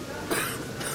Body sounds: coughing mixed with background sound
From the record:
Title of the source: 30 Chesty and wet cough

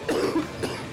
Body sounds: coughing mixed with background sound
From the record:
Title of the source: Coughing 77

